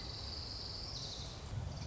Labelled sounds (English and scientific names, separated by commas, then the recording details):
Orange-crowned Warbler (Leiothlypis celata)
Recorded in Sonoma County, California